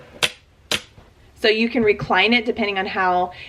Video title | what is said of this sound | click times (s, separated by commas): Flexible Seating in the Classroom MUST HAVES - TEACHER VLOG | so listen if you when I pull it up you'll hear it click | 0.2 s, 0.7 s